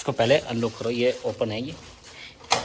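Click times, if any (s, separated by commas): 2.5 s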